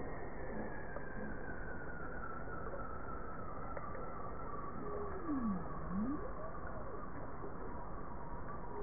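Bowhead whale call: a single low V-shaped sweep falling then rising, heard once against constant underwater hiss with a faint higher tone drifting across.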